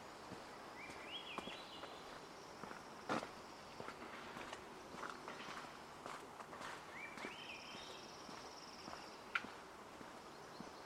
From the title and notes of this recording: Hoyt Arboretum in Portland Oregon. A field recording only.